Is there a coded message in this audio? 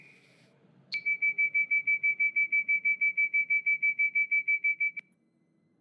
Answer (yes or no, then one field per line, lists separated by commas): no